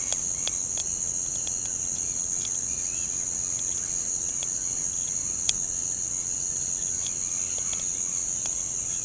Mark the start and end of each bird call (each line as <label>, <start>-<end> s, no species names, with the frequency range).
bird call (1.4-4.7 kHz), 6.81-9.04 s